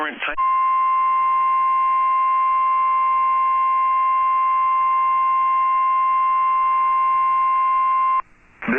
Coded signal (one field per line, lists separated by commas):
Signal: Emergency Alert System (SAME) tones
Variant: 1050 Hz attention tone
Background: speech